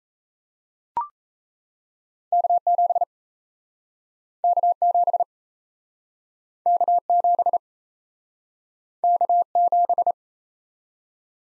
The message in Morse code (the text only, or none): K7 K7 K7 K7